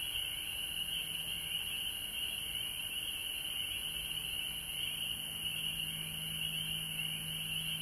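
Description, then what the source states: Frogs keep up a continuous high trilling chorus with slight pulsing, over a low steady hum. Recorded at home in Georgia on March 19, 2020.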